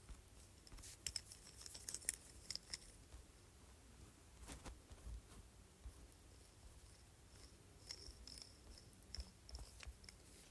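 A jade roller is worked in short bursts, giving sharp little clicks and rattles clustered around the first three seconds, again near four and a half, and scattered from eight to ten seconds. A soft low rumble and faint rubbing fill the gaps between.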